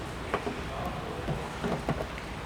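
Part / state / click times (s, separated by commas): door handle part into car door / seated / 0.3 s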